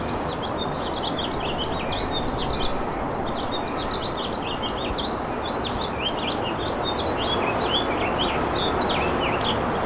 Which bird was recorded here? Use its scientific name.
Haemorhous mexicanus